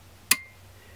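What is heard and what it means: A steel muzzle brake on a rifle barrel is turned with a small punch, because it is recessed, until its spring detent clicks into the next notch. One sharp, bright click sounds at 0.3 s over a low steady hum, with a faint ring trailing after it. The brake is seated in place, two clicks in total on these threads.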